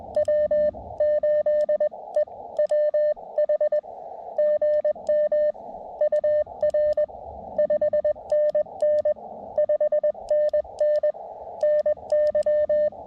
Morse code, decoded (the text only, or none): W8EWH GM UR 5NN 5NN NY